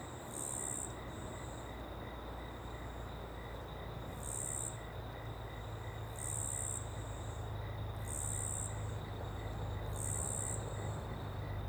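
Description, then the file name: Cricket trilling in high bursts every few seconds over rushing water and a low steady hum. Small open woodland ambience with a river in the background; cricket very prominent on the left channel. "Ambiente em Pequena Mata Aberta e Rio ao Fundo com Grilo bem Presente na Esquerda"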